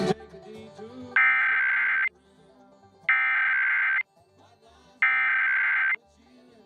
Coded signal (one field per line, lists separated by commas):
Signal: Emergency Alert System (SAME) tones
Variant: header bursts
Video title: 2023 National EAS Test